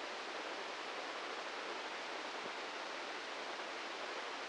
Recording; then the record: brain microelectrode recording played as sound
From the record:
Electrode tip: inside the subthalamic nucleus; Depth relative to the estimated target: 0 mm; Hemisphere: left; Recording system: NeuroSet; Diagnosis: Parkinson's disease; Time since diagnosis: 15 years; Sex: male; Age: 65 years